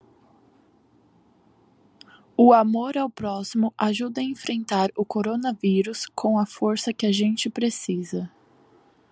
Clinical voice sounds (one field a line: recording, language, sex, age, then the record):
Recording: spoken sentence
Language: Brazilian Portuguese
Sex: female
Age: 18 to 19 years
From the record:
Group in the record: control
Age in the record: 19 years